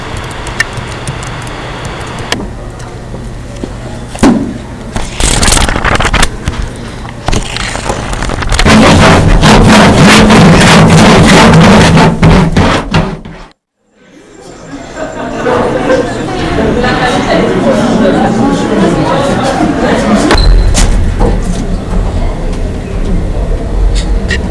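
Sounds recorded inside La Fonderie building: a busy mix of movement, clinks and indistinct voices, with a low steady hum throughout. The noise swells loudest around the middle, cuts to near silence for a moment at about 14 seconds, then resumes with rustling and knocks.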